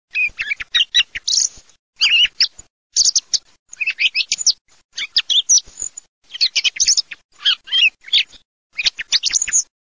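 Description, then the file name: Thrush song: a steady string of short, varied phrases of chirps and trills, each lasting about a second and separated by brief pauses. "TORDOBOB"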